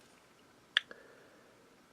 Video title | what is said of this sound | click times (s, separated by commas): Constructicon Studio Series 37 Rampage | lines back up you'll feel it pop into place and push these two things back down now | 0.8 s